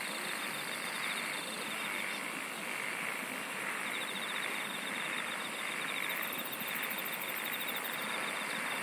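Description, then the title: Insect song: repeated pulsed trills with a high buzzy trill starting near the end, all over a loud steady hiss. "SINGING OF INSECTS"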